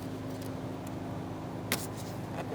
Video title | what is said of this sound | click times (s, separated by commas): How to Replace Fuel Pump Strainer 2002-2006 Toyota Camry | and then lock it in. | 1.7 s